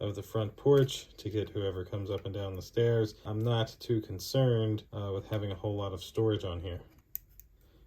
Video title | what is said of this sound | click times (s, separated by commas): Wyze Cam OG Telephoto Setup & Review | I clicked right in and made that nice noise so to me that says this thing is ready | 7.2 s